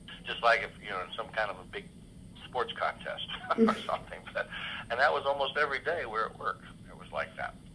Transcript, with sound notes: Just like if you were in some kind of a big sports contest or something. (laughs) And that was almost every day we were at work, it was like that.